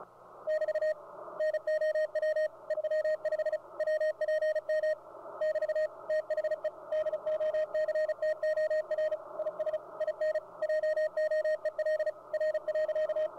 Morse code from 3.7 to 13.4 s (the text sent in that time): WPM <BT> THE DOCTOR IS IN JOEL R.